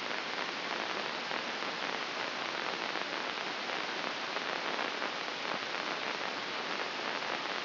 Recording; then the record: brain microelectrode recording played as sound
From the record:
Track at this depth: outside the subthalamic nucleus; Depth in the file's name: 4.024 mm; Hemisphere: left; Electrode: 2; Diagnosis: Parkinson's disease